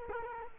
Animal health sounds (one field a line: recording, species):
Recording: mosquito wingbeat signal from an infrared sensor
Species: Culex quinquefasciatus